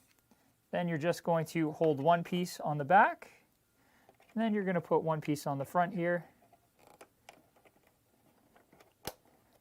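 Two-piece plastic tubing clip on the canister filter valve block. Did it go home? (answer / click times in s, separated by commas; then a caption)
yes / 9.1 s. Someone talks while the two halves of a plastic tubing clip are fitted front and back around the filter tubing on the valve block of an Eheim Pro 4+ canister filter, followed by faint handling noises. The halves are pressed together and snap shut with a sharp click at 9.1 s, so the clip now holds the tubing in place.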